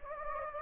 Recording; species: mosquito wingbeat signal from an infrared sensor; Anopheles gambiae